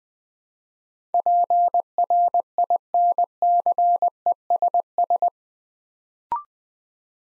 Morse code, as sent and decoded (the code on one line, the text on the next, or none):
.--. .-. .. -. -.-. . ... ...
PRINCESS